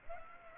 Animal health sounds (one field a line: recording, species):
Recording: mosquito wingbeat signal from an infrared sensor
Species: Aedes aegypti